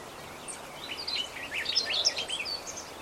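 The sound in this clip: Bird giving a scatter of thin, high chirps and short twittering notes over a constant hiss, the notes clustering in the middle.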